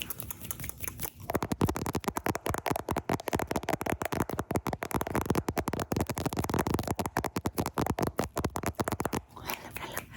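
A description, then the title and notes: Rapid tapping directly on a camera, a dense run of sharp knocks that starts after about a second and continues almost without pause until near the ninth second. The taps are uneven in rhythm and loudness, each a hard, full-bodied click, over a steady hiss. ASMR Camera Tappies! (Tapping directly on the camera + your face).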